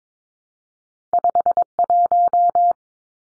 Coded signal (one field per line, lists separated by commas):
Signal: Morse code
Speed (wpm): 22 wpm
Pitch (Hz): 700 Hz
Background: none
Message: 51